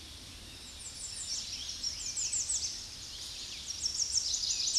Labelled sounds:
American Redstart (Setophaga ruticilla) song
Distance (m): 35 m
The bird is about 5 m above the microphone
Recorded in a Pennsylvania forest on 16 May 2024 at 07:40
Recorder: AudioMoth, point MSD-0263
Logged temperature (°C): 16.0 °C
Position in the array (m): 116 m, 230 m

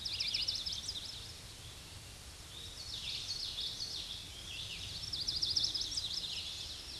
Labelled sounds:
Common Yellowthroat (Geothlypis trichas) song
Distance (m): 30 m
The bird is about 5 m below the microphone
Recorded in a Pennsylvania forest on 16 May 2024 at 06:24
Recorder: AudioMoth, point MSD-2456
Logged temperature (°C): 16.4 °C
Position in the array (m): 180 m, 83 m

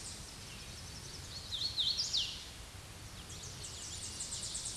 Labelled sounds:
Hooded Warbler (Setophaga citrina) song
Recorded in a Pennsylvania forest on 16 May 2024 at 08:05
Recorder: AudioMoth, point MSD-2258
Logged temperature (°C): 15.2 °C
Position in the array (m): 169 m, 105 m

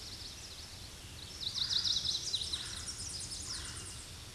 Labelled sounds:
Chestnut-sided Warbler (Setophaga pensylvanica) song
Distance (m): 20 m
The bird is about 10 m above the microphone
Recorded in a Pennsylvania forest on 16 May 2024 at 08:05
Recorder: AudioMoth, point MSD-2164
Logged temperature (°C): 15.8 °C
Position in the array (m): 188 m, 102 m

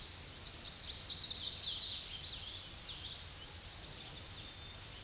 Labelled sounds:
Common Yellowthroat (Geothlypis trichas) song
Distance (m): 55 m
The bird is about 15 m above the microphone
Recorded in a Pennsylvania forest on 16 May 2024 at 08:19
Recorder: AudioMoth, point MSD-2494
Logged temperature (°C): 15.6 °C
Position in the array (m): 233 m, 190 m

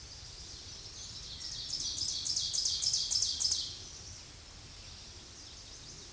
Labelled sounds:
Ovenbird (Seiurus aurocapilla) song
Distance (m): 20 m
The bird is about 10 m above the microphone
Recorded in a Pennsylvania forest on 16 May 2024 at 07:04
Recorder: AudioMoth, point MSD-2083
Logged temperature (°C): 16.7 °C
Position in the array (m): 147 m, 4 m

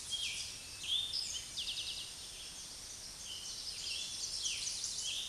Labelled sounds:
Eastern Towhee (Pipilo erythrophthalmus) song
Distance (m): 35 m
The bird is about 5 m above the microphone
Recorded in a Pennsylvania forest on 16 May 2024 at 06:03
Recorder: AudioMoth, point MSD-2083
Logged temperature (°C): 16.7 °C
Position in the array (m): 109 m, 6 m

